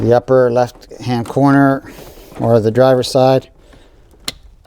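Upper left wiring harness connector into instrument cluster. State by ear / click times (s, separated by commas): seated / 4.3 s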